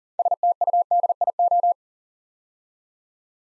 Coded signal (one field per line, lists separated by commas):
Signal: Morse code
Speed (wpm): 40 wpm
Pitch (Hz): 700 Hz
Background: none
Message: STUDIO